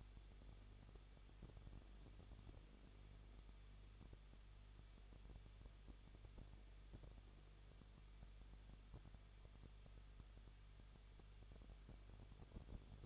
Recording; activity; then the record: daily activity, microphone in the room; no activity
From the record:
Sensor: 4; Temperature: 23.0 degrees Celsius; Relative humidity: 34.2%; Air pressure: 1007.3 hPa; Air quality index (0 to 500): 214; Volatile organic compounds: 14 ppm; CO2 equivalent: 2460 ppm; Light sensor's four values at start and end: 2/3/1/1 and 2/3/1/1